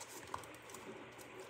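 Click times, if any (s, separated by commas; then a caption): 0.3 s. A plastic Safariland holster retention adapter is pushed down onto the belt retention piece on a 1.75 inch gun belt. A single sharp snap at 0.4 s stands out over quiet background noise. The adapter is seated in place.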